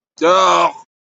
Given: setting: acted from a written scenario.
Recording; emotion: vocal sound without words; disgust